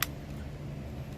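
A wiring harness connector is pushed onto a replacement driver-side front window switch assembly on a 2014 GMC Acadia. Its lock engages with one sharp click at 0.0 s, and the connector is seated. A low, steady hum continues for the rest of the clip, and no one talks.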